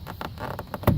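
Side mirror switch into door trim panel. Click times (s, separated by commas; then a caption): 0.9 s. A replacement side mirror switch for a 2000 Chevy Silverado is pressed into its plastic opening in the door trim panel with the small retaining tabs lined up. Several light taps and handling noises come before a louder, sharp snap at 0.9 s, when the switch seats in the panel.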